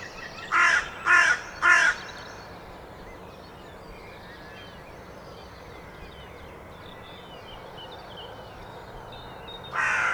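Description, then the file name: Carrion crow calls three quick hoarse caws at the start, then a long quiet stretch before one more caw right at the end. "Corvus corone"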